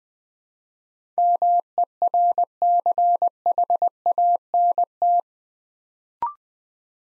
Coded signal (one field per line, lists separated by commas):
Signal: Morse code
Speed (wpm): 20 wpm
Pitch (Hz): 700 Hz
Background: none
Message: MERCHANT